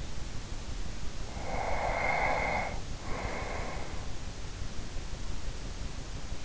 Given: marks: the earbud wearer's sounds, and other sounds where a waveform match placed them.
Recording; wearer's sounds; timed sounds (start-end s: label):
sounds in sleep by an in-ear microphone; breath
1.37-4.47 s: breath